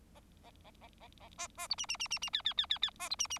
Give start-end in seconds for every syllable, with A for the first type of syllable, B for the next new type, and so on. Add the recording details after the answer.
0.15-0.20 A, 0.43-0.51 A, 0.64-0.71 A, 0.81-0.88 A, 1.00-1.08 A, 1.20-1.29 A, 1.38-1.47 A, 1.58-1.67 A, 1.70-1.75 B, 1.78-1.86 C, 1.89-1.97 C, 1.99-2.08 C, 2.10-2.19 C, 2.22-2.30 C, 2.33-2.42 D, 2.44-2.53 D, 2.57-2.66 D, 2.69-2.78 D, 2.82-2.90 D, 2.99-3.09 A, 3.10-3.15 B, 3.19-3.27 C, 3.30-3.38 C. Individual Bird4